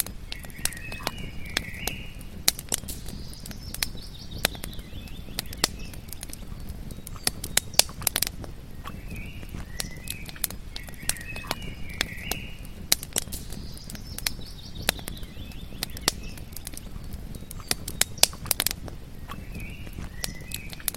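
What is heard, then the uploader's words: A campfire crackles steadily, with sharp snaps popping out irregularly every fraction of a second over a soft, low rumble of burning. Birds sing short chirping phrases, returning every few seconds throughout. It's natural crackling campfire sounds alongside singing birds.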